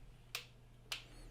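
A torque wrench tightens the valve clearance adjuster lock nuts on the cylinder head of a Honda CR-V 2.0-litre K20 A4 engine to 14 Nm. Two sharp clicks sound at 0.4 s and 0.9 s, one for each of the two separate adjuster nuts, over a low steady hum. Both nuts reach their set torque.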